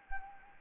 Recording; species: mosquito wingbeat signal from an infrared sensor; Anopheles gambiae